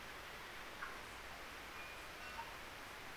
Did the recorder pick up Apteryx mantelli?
no